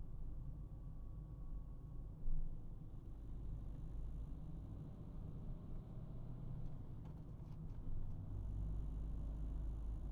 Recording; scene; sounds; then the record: everyday scene through a hearing-aid microphone; in a vehicle; engine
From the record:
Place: Berlingo II, diesel engine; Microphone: behind the ear, right, rear